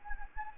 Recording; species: mosquito wingbeat signal from an infrared sensor; Anopheles gambiae